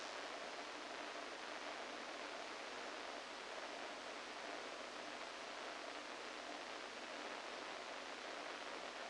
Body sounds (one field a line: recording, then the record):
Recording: brain microelectrode recording played as sound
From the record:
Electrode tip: inside the subthalamic nucleus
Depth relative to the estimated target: 2 mm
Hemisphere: right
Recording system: NeuroSet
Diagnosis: Parkinson's disease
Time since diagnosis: 14 years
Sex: male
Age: 51 years